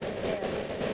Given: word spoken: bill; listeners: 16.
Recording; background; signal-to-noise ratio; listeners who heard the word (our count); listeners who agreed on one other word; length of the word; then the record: one English word in noise, from a listening test; noise modulated by three-talker babble; -7.7 dB; 0 of 16; 9 of 16; 0.53 s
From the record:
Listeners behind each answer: 9, 3, 1, 1, 1, 1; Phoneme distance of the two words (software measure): 7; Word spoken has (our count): 1 syllable, 3 phonemes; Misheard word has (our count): 1 syllable, 2 phonemes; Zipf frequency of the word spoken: 5.09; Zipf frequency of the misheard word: 4.59